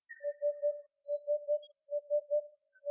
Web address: Upupa epops